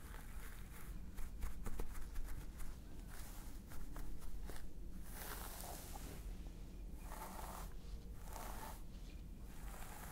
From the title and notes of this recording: ASMR Stress Relieving Scalp Massage ASMR.